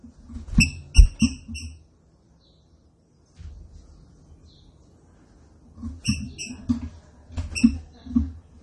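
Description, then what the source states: Green-winged saltator song: short clear whistled notes with harmonics in quick bursts, a first phrase then a pause and another phrase, with low thumping knocks underneath. Classic song style used for training.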